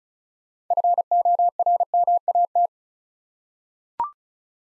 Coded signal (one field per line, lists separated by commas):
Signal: Morse code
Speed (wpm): 36 wpm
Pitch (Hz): 700 Hz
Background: none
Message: FORMAT